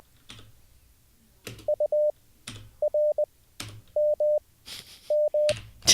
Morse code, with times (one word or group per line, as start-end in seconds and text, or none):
1.7-2.1 U
2.8-3.2 R
4.0-4.4 M
5.1-5.5 M